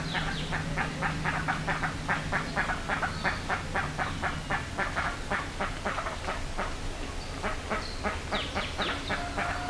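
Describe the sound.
Birds giving a steady stream of short harsh calls, about four a second, with occasional higher squeaks over a low hum.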